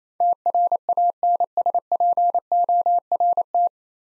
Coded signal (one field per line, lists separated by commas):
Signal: Morse code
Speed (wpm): 28 wpm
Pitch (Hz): 700 Hz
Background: none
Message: TRANSPORT